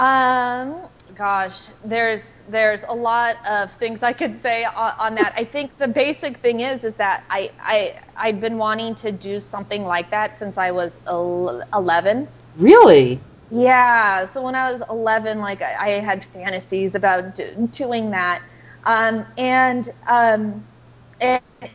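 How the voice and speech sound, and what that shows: Conversational speech from an adult woman who stutters, with a repeated "I" and a repeated "d-" sound, plus drawn-out fillers: mild stuttering.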